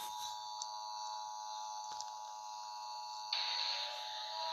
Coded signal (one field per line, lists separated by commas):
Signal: Emergency Alert System (SAME) tones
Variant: 853 and 960 Hz attention tone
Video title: Alice killings An EAS CREPPYPASTA SCENARIO